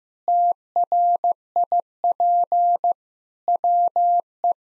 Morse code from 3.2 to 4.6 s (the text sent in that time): WE